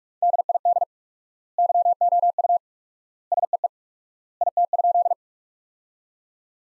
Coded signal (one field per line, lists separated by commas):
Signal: Morse code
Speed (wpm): 42 wpm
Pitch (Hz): 700 Hz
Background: none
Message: DID YOU SEE IT?